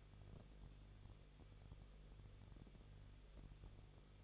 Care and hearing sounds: daily activity, microphone in the room; no activity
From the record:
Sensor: 4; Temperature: 23.1 degrees Celsius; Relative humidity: 34.0%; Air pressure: 1007.2 hPa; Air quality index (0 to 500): 216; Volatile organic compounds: 15 ppm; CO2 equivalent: 2499 ppm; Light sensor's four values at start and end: 2/3/1/1 and 2/3/1/1

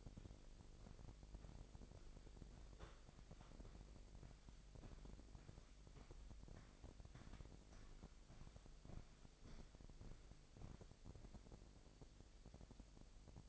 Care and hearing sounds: daily activity, microphone in the room; walk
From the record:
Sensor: 5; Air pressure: 1001.7 hPa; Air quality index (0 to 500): 182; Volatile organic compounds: 12 ppm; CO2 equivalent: 2343 ppm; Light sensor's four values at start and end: 31/102/39/41 and 31/102/38/41

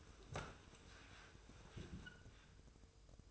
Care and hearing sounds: daily activity, microphone in the room; sit down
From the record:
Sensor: 2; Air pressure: 1004.9 hPa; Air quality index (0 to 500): 101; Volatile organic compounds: 2 ppm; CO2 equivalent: 1229 ppm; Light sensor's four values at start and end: 8/19/8/8 and 7/16/7/7

